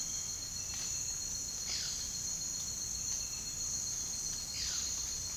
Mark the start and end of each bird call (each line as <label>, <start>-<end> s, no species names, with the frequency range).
bird call (0.8-6.8 kHz), 1.53-2.03 s
bird call (1.0-6.2 kHz), 4.50-4.94 s